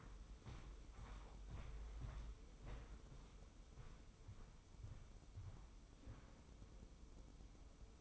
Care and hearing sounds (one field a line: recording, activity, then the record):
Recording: daily activity, microphone in the room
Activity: walk to room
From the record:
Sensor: 1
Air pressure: 995.5 hPa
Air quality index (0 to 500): 36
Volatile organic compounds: 1 ppm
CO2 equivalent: 619 ppm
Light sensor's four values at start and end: 29/102/39/40 and 30/105/40/42